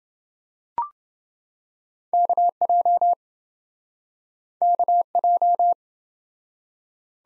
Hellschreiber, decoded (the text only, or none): none